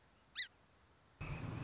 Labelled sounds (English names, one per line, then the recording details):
Song Sparrow
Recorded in Sonoma County, California